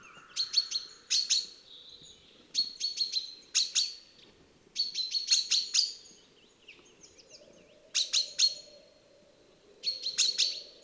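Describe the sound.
Common chaffinch giving groups of short, sharp, high chirps, the groups repeated every few seconds, over a steady low background noise.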